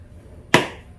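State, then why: Seated. A plastic dust bin is pushed down into the body of a Miele TRIFlex HX2 PRO stick vacuum until it clicks, seating and locking in place. A single sharp, broadband click at 0.5 s stands out against a quiet background and fades quickly. No one talks.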